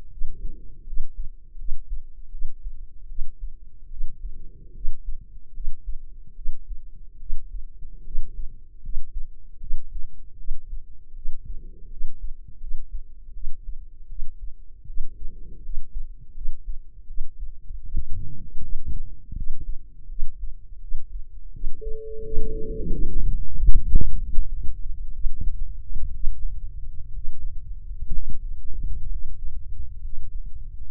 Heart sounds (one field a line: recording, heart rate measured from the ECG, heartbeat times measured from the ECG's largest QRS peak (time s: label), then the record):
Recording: heart sounds by microphone in the left ear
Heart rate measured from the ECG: 76 bpm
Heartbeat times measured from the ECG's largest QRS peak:
0.08 s: heartbeat
0.84 s: heartbeat
1.56 s: heartbeat
2.29 s: heartbeat
3.06 s: heartbeat
3.88 s: heartbeat
4.71 s: heartbeat
5.51 s: heartbeat
6.33 s: heartbeat
7.17 s: heartbeat
8.02 s: heartbeat
8.80 s: heartbeat
9.58 s: heartbeat
10.35 s: heartbeat
11.12 s: heartbeat
11.87 s: heartbeat
12.58 s: heartbeat
13.31 s: heartbeat
14.06 s: heartbeat
14.84 s: heartbeat
15.60 s: heartbeat
16.32 s: heartbeat
17.05 s: heartbeat
17.81 s: heartbeat
18.59 s: heartbeat
19.33 s: heartbeat
20.06 s: heartbeat
20.78 s: heartbeat
21.50 s: heartbeat
22.20 s: heartbeat
22.87 s: heartbeat
23.51 s: heartbeat
24.18 s: heartbeat
25.12 s: heartbeat
26.10 s: heartbeat
27.09 s: heartbeat
28.08 s: heartbeat
29.05 s: heartbeat
29.97 s: heartbeat
30.86 s: heartbeat
From the record:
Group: healthy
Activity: rest 0-21 s, Valsalva maneuver 21-31 s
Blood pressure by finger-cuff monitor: 111/62 mmHg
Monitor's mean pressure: 80 mmHg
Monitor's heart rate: 78 bpm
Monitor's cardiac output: 7.6 L/min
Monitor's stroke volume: 96 mL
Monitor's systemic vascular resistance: 760 dyn s/cm5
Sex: female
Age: 23 years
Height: 160 cm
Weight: 50.4 kg